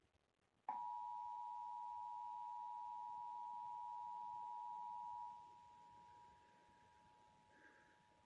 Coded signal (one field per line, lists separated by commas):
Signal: Emergency Alert System (SAME) tones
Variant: 853 and 960 Hz attention tone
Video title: EAS #47: Required Monthly Test - Indiana (10/18/2018) (Comcast)